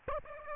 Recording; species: mosquito wingbeat signal from an infrared sensor; Aedes aegypti